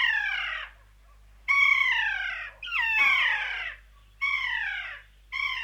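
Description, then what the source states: Kea giving loud, drawn-out screeching calls that slide downward, repeated several times. New Zealand.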